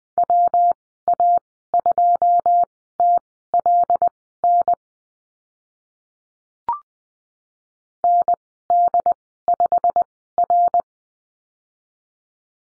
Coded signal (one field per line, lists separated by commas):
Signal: Morse code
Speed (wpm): 20 wpm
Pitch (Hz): 700 Hz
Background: none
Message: WA2TLN ND5R